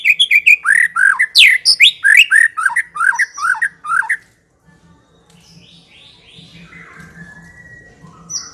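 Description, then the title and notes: White-rumped shama singing a rapid series of varied swooping notes for four seconds, then softer rising and falling tones over a faint low hum. Lure (pikat) song of the white-rumped shama. "Pikat Murai Batu. Burung Murai Batu"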